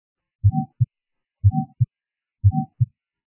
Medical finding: Aortic sclerosis(musical murmur).